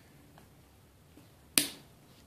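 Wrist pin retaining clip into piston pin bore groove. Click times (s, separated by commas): 1.6 s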